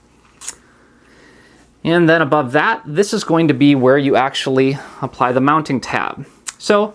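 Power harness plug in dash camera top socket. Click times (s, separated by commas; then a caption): 0.5 s. A power harness plug is released from the top socket of a plastic Kenwood DRV-410 dashboard camera by pressing its small tab and pulling it up. A single short click is heard at 0.5 s, and then someone talks. The power harness connector is released from the dash camera.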